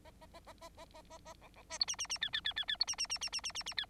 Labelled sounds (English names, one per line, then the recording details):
Bengalese Finch song
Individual Bird9